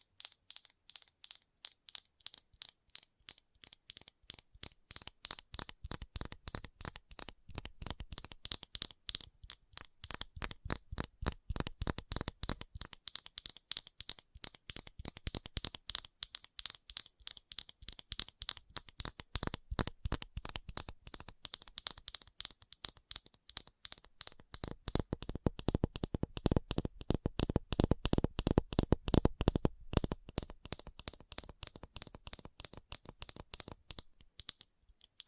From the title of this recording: Fast Tapping